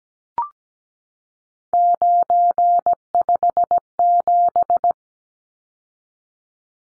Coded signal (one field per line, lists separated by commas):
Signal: Morse code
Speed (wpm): 17 wpm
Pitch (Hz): 700 Hz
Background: none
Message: 957